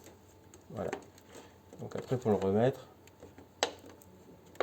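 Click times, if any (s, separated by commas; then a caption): none. A plastic retaining piece is handled at an optical fibre wall outlet as an electrician goes to put it back after removing it. Someone talks while there are light handling taps and a sharp tick at about 3.6 s. Nothing has seated or clicked yet.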